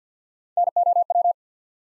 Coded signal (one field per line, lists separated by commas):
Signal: Morse code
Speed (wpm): 50 wpm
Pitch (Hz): 700 Hz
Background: none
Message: NOW